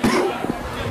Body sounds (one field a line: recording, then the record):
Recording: coughing mixed with background sound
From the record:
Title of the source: Coughing 77